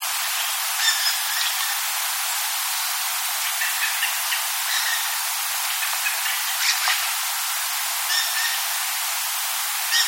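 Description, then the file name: Dusky thrush uttering repeated brief, harsh chattering notes at irregular intervals throughout, partly masked by constant heavy hiss. "tsugumi"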